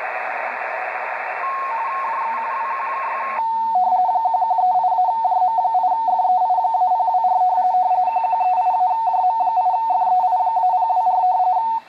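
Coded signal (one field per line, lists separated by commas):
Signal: RTTY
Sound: hiss for three seconds, then a rapid warbling two-tone chatter around 850 Hz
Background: radio static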